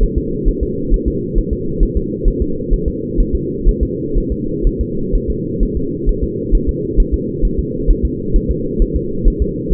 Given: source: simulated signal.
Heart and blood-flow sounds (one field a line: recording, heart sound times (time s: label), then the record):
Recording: fetal heart sounds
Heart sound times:
0.03 s: S1
0.18 s: S2
0.48 s: S1
0.63 s: S2
0.94 s: S1
1.08 s: S2
1.38 s: S1
1.53 s: S2
1.83 s: S1
1.97 s: S2
2.28 s: S1
2.42 s: S2
2.73 s: S1
2.88 s: S2
3.20 s: S1
3.35 s: S2
3.69 s: S1
3.83 s: S2
4.18 s: S1
4.32 s: S2
4.67 s: S1
4.81 s: S2
5.15 s: S1
5.30 s: S2
5.63 s: S1
5.77 s: S2
6.09 s: S1
6.24 s: S2
6.55 s: S1
6.69 s: S2
7.00 s: S1
7.14 s: S2
7.45 s: S1
7.59 s: S2
7.90 s: S1
8.05 s: S2
8.36 s: S1
8.51 s: S2
8.82 s: S1
8.96 s: S2
9.28 s: S1
9.42 s: S2
9.73 s: S1
From the record:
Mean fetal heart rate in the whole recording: 130 bpm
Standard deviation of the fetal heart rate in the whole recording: 4 bpm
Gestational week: 38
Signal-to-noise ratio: -6.6 dB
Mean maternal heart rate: 72 bpm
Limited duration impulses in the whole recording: present